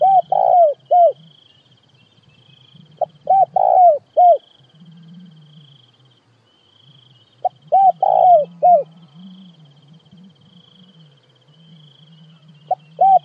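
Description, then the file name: Spotted dove repeating a soft cooing phrase of several hooted notes with a downward-sliding end, every few seconds, over low rumbling background and a thin high whine. Calling the flock. "Tieng cu gay goi bay"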